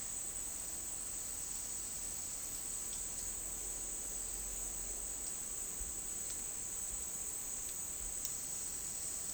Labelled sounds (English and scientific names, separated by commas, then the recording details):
none
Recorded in dense forest near Puerto Asís, Putumayo, Colombia, on 13 March 2025 at 13:30
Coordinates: 0.499, -76.324
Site GP03